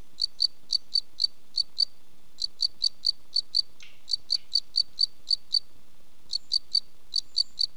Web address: CRICKETS gfultoni